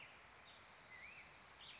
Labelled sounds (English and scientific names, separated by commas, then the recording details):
Black-headed Grosbeak (Pheucticus melanocephalus)
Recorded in Sonoma County, California